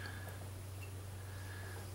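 The metal bolt of a Ruger 10/22 rimfire rifle is slid back into the receiver and positioned before being let forward, under a steady low hum with faint, soft metallic handling noise and no sharp transients. Nothing has seated or clicked yet.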